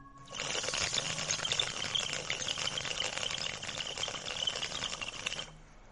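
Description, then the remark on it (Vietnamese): A continuous, rapid bubbling rattle from a bamboo water pipe as a man smokes thuốc lào tobacco at night in the guest room of a house, a harsh gurgling that holds steady at moderate loudness for about five seconds and then stops, with no voices. “Trong đêm vắng, tiếng hút thuốc lào vang lên long sòng sọc.”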